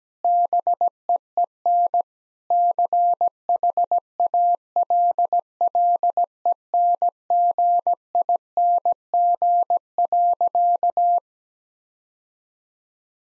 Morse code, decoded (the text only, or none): BEEN CHALLENGING.